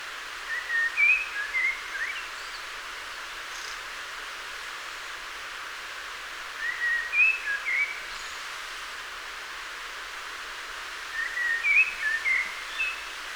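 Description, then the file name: Common blackbird song of three warbled whistled phrases spaced several seconds apart, each a quick cluster of fluty notes, with steady hiss throughout. "Turdus merula"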